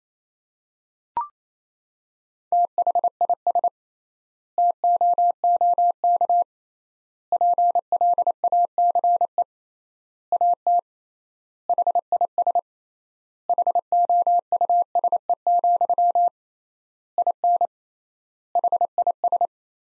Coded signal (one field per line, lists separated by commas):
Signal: Morse code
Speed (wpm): 28 wpm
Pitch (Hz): 700 Hz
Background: none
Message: THIS TOOK PLACE AT HIS HOUSE, IN HIS